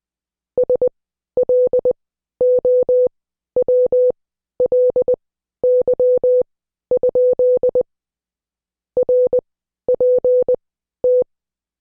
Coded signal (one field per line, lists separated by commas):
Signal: Morse code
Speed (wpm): 20 wpm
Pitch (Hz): 500 Hz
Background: none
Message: SLOWLY? RPT